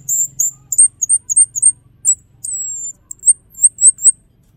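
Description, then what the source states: Cucak keling song, very high thin whistled notes and short slurred phrases in quick bursts, one long drawn whistle midway, over a faint low hum. Varied fill songs (aneka isian) from a bird named EmCeEm.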